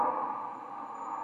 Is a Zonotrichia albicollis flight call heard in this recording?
no